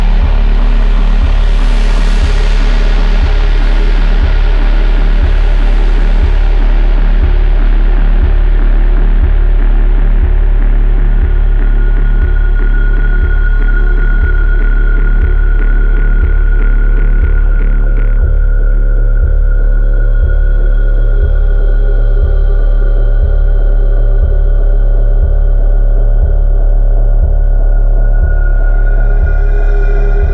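An overturned bass drum is rubbed, its low booming throb pulsing regularly about every second throughout. Synthetic pads drone above, bright and airy in the first seconds, then settling into a steady low hum with a sustained whistling tone.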